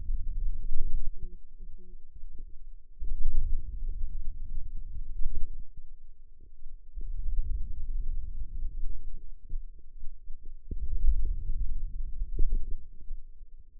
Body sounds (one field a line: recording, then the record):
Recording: forearm muscle sounds (acoustic myography)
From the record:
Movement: hand opening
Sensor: system 2, bracelet of six BSWA MPA416 microphones around the upper forearm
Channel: 6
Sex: female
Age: 21 years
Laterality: right